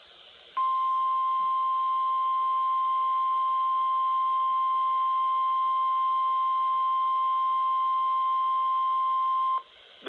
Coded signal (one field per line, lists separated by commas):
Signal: Emergency Alert System (SAME) tones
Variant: 1050 Hz attention tone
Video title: Slight Risk Fun | EAS Alerts 48-75